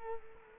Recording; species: mosquito wingbeat signal from an infrared sensor; Culex quinquefasciatus